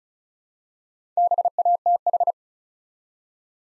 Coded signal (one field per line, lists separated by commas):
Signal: Morse code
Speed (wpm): 36 wpm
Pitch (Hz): 700 Hz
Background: none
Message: BATH